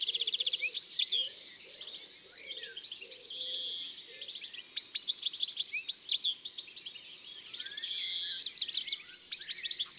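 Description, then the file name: European greenfinch song of rolling trills and busy twitters, in bursts with short pauses. "Verdier-d Europe-ABC-des-chants-doiseaux"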